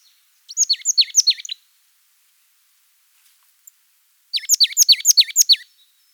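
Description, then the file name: Marsh tit giving two bursts of high, sharp, down-slurred notes, several quick notes in each, with a few seconds of silence between them. "parus palustris"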